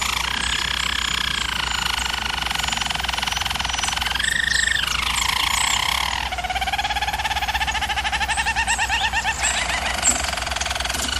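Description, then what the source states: German Roller canary song, continuous low rolling trills that shift to new tours every few seconds, with a steady low hum underneath. German Roller canary song used as a training recording for canaries.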